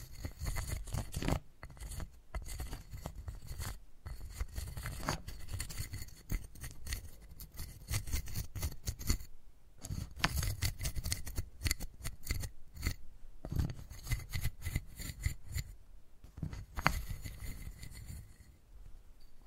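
Wooden balls are rubbed, rolled and tapped against each other in a steady run of scratchy, rasping friction with dense little clicks and low thuds. The handling keeps going throughout, broken by brief pauses near 1.5, 4, 9.5 and 16 seconds.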